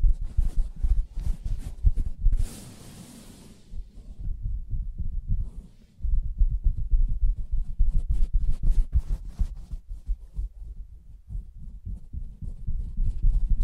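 Soft tapping and scratching on a fabric surface, made of dense, muffled low thumps that come in quick, uneven runs. Around two to three seconds a brighter scratchy rustle cuts in. The sound quiets between about four and six seconds, then the busy tapping resumes to the end.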